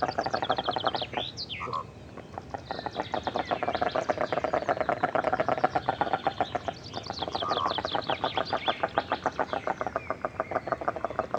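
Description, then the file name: Goosander calls: long rattling series of coarse, rapid pulses with a brief pause near two seconds. Goosander recorded close up. "Digiffects Sound Effects Library - Close Goosander Bird Version 2"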